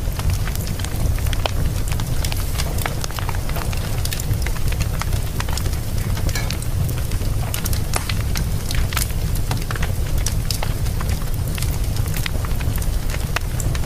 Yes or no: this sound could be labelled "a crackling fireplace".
yes